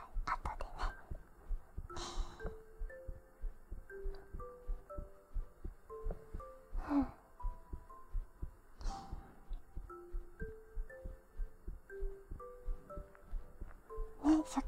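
Rapid, regular low heart thumps from an adult woman's chest, picked up by a microphone on the chest, under soft background music and breaths: a fast heart rate that is habitually fast.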